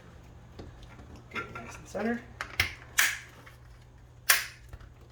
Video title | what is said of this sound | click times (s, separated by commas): How To Install Horizontal Blinds | and clicks into place. | 4.3 s